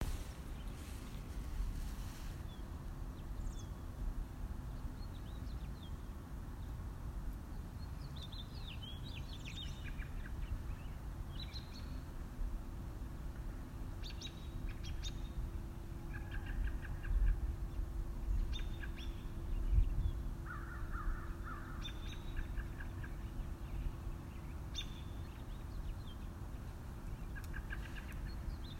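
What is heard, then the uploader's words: Birds chirp and call in short, scattered bursts throughout, bright, a few phrases every couple of seconds. Underneath sits a constant low rumble and a steady hum, like traffic or machinery, with a slightly louder stretch around twenty seconds. Hfac Birds. Birds taking over.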